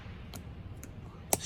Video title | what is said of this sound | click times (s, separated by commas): 2018 Ford Mustang 2.3 EcoBoost Startup and Review | Slots nicely in place like that. | 1.3 s